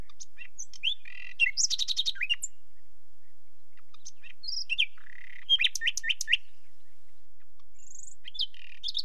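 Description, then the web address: Common nightingale delivering varied song phrases: buzzy bursts, quick slurred whistles and short chatters, spaced by silent gaps, with a clear high whistle near the end. "The BBC Sound Effects Library. Nightingale"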